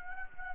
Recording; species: mosquito wingbeat signal from an infrared sensor; Anopheles arabiensis